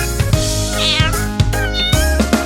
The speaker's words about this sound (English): The cat on the farm goes meow, meow, meow, meow, meow, meow, meow, meow, meow. The cat on the farm goes meow, meow, meow all day long.